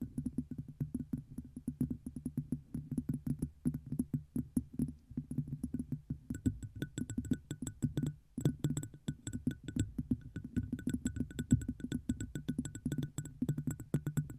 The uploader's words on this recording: ASMR Tapping 6 Random Tingly Objects On The Mic,(No Talking).